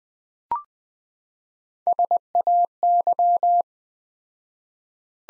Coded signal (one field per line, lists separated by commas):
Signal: Morse code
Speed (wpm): 20 wpm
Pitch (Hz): 700 Hz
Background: none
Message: SAY